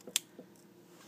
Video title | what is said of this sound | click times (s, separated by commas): Tool Review leathermen wingman | really cool is when it clicks into the place with the lock | 0.2 s